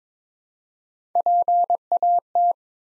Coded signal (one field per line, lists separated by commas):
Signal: Morse code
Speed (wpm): 22 wpm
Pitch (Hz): 700 Hz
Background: none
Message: PAT